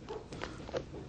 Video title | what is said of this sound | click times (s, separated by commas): The Secret Weapon Chum Bomb - How to add Weight | clicks into place | 0.4 s